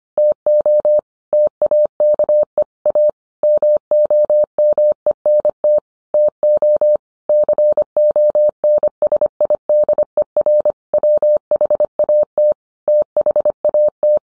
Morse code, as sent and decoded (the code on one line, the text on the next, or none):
- --- / - .- -.- . / .- / -- --- -- . -. - / - --- / -.-. --- -. ... .. -.. . .-. / .-- .... .- - / - .... .- -
TO TAKE A MOMENT TO CONSIDER WHAT THAT